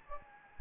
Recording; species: mosquito wingbeat signal from an infrared sensor; Anopheles gambiae